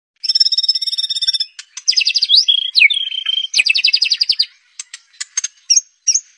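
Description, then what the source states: White-rumped shama song: sustained buzzy trill, then quick whistled slurs and a rapid rattling burst, followed by scattered sharp clicks and short upslurred notes. Bird singing energetically, used as a lure to provoke a response.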